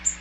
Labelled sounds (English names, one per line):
Magnolia Warbler flight call